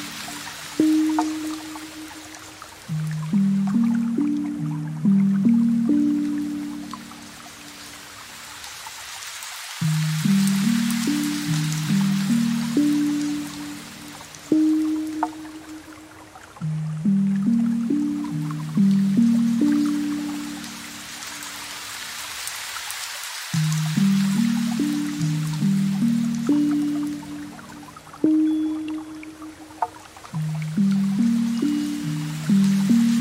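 Gentle rain hisses steadily while soft, low piano notes play a slow repeating phrase, looping roughly every ten seconds with brief pauses.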